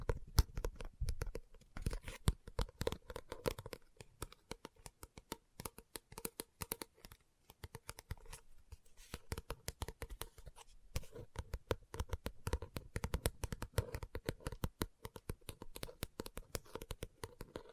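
Rapid, irregular tapping and scratching on a book, dense sharp clicks throughout with a brief quieter gap around nine seconds, papery rustle underneath.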